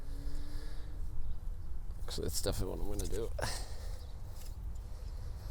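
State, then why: Not seated. A spark plug wire boot with dielectric grease dabbed inside is handled over the spark plug terminal of a Jeep TJ 2.5L, with steady low rumble in the background while someone talks. Nothing has seated or clicked yet; the boot is not yet home on the plug.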